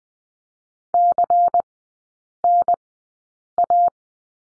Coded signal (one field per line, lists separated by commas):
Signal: Morse code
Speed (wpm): 20 wpm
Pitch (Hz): 700 Hz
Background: none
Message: CNA